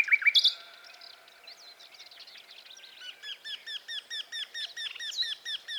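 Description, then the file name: Common nightingale song: a few loud whistled notes at the start, a softer jumbled stretch, then a long series of soft, rhythmically repeated chirps. "Luscinia megarhynchos"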